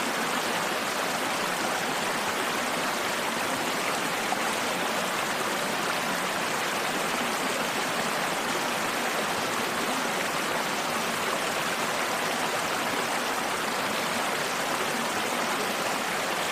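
A stream pours out of the mouth of a cave, its rushing water filling the scene with a dense, constant wash. The sound holds steady throughout, bright, with fine splashing texture and little low rumble beneath it.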